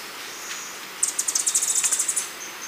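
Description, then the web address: Rufous-throated tanager delivering a fast, buzzy series of high clipped notes for about a second, with thin faint notes around it. Recorded in Ecuador. "Natures Songs S America Birds of Ecuador Rufous-throated Tanager"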